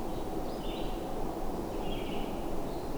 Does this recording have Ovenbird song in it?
no